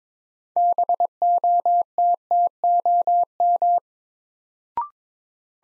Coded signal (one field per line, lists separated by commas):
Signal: Morse code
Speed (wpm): 22 wpm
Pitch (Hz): 700 Hz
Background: none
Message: BOTTOM